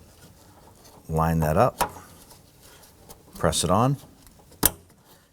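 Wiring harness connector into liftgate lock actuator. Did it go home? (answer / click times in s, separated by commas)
yes / 4.7 s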